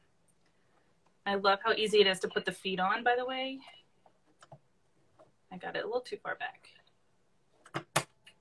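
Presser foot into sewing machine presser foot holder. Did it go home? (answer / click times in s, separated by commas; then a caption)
yes / 8.0 s. A presser foot is snapped onto the shank (presser foot holder) of a Quantum Stylist 9960 sewing machine after first being placed a little too far back. Someone talks, then soft handling taps lead into a sharp, loud click at 8.0 s as the foot seats securely in place.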